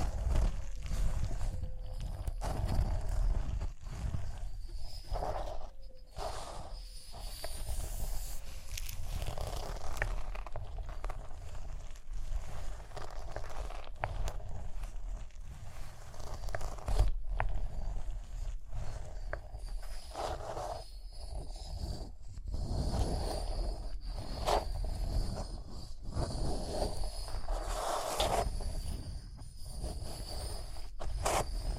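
Rhinestones are tapped, scratched and brushed in a dense, continuous stream of small clicks and rustles. Sharper taps stand out every second or two, while a faint steady tone lingers in the background and a low rumble runs underneath throughout.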